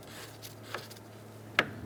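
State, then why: Seated. A plastic coolant cap is put back on the coolant reservoir of a 2012–2018 Ford Focus 2.0L and turned until it clicks closed. After a faint tick at 0.8 s, a sharp click sounds at 1.6 s as the cap seats.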